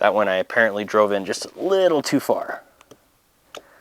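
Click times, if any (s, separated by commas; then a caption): 3.5 s. Someone talks while adjusting an aftermarket EGW magwell housing on the pistol grip frame of a Springfield Armory Prodigy, which had been driven in a little too far. After the talking stops, a couple of faint ticks are followed by a sharp click at 3.6 s as the magwell seats into place.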